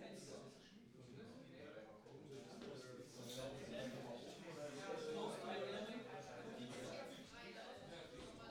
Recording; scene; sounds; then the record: everyday scene through a hearing-aid microphone; many people talking; many voices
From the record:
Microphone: in the ear canal, right